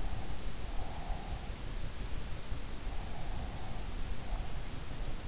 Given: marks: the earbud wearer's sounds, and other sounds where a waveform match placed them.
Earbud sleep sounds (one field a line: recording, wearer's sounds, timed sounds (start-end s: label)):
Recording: sounds in sleep by an in-ear microphone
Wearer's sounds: breath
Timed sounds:
0.69-1.53 s: breath